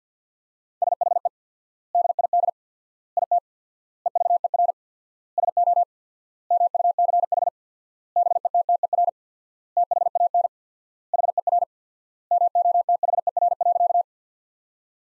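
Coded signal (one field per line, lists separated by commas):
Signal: Morse code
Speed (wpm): 50 wpm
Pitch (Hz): 700 Hz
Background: none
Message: SHE DID IT EVER SO MUCH BETTER THAN HER MOTHER.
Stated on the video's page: Morse practice of sentences built from the top 400 words at 50 wpm with 4x word spacing, a Farnsworth-like method applied to words.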